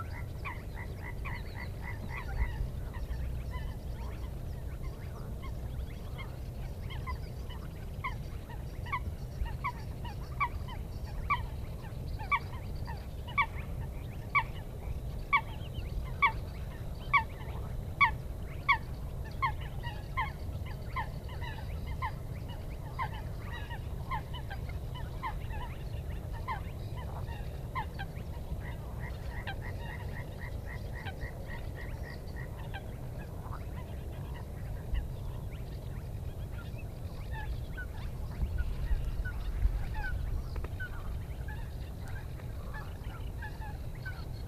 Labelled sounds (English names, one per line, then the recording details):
Spotted Crake
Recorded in the wild
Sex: male
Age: adult
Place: Schwedt/Oder, Nationalpark Unteres Odertal, Brandenburg, DE
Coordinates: 53.1255, 14.3565
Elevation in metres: 1
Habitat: wetland
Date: 2015-04-23 02:18
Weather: clear, 4°C, almost windless
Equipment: Sound Devices 702, Sennheiser MKH 70, Rycote Windschutz
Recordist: Frommolt, Karl-Heinz